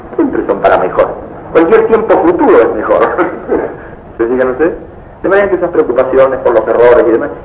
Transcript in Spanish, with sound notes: Siempre son para mejor. Cualquier tiempo futuro es mejor, (risas) ¿Se fijan ustedes? De manera que esas preocupaciones por los errores y demás…